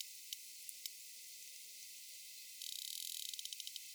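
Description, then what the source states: Sperm whale clicks: a few isolated sharp clicks, then a quick run of many clicks near the end, over low hiss. Rapid clicks and a coda.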